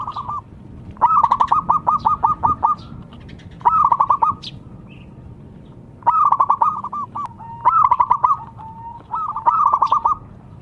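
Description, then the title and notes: Zebra dove song: bursts of fast, rolling trilled coos, each phrase lasting under a second to about two seconds, given repeatedly with brief gaps, over faint background hum. Lure, singing steadily in full voice (gacor). "Pancingan Perkutut Durasi Panjang. Suara Burung Perkutut Gacor"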